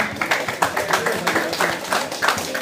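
A short burst of applause for Wolverine during a comic book quiz: many hands clapping in a dense, steady patter of sharp slaps that holds at a fairly even level for a couple of seconds, with no talking over it.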